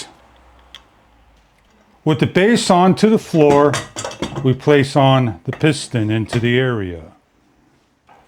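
A caster wheel stem on a VECELO Big and Tall office chair is pressed in with the thumb into its socket in the plastic or chrome chair base. A sharp tick at 0.7 s marks it snapping into place, leaving it seated. Someone then talks from about 2.0 s to 7.1 s.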